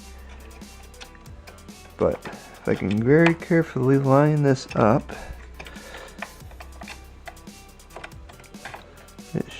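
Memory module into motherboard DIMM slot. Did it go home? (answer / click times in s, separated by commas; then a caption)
no / none. A memory stick is carefully lined up over a motherboard DIMM slot in a tight spot, ready to be pushed in. Someone talks, and there are only small, faint handling taps and clicks. Nothing has seated or clicked yet.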